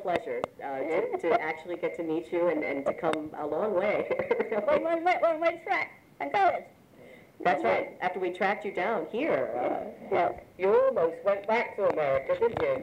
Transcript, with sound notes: — a real pleasure to — to actually get to meet you and — and to come a long way. (chuckles) [sentence unclear] That's right. After we tracked you down here —
Yeah.
You almost went back to America, didn't you?